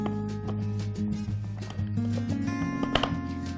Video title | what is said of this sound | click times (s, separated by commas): Finger guard and handy chopper- Kitchen Yantra - 20th March 2017 - Full Episode - ETV Abhiruchi | ఈ మూత పెట్టేటప్పుడు మాత్రం ఒక్కటే మీరు లాక్ అయిందో లేదో చెక్ చేసుకోండి ఎస్ లాక్ అయిపోయింది. | 3.0 s